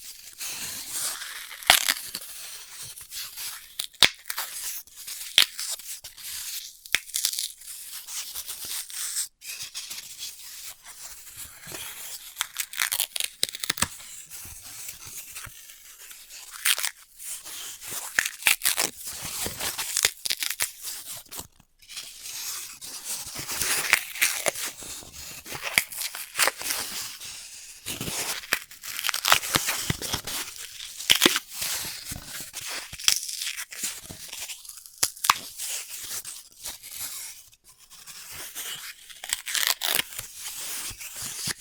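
Floral foam being crushed and broken, with dense crackling and crunching that comes in irregular bursts throughout. The sound is bright and scratchy with little low end, broken by sharp snaps and a few brief pauses, notably near 9, 17 and 22 seconds.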